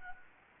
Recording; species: mosquito wingbeat signal from an infrared sensor; Anopheles gambiae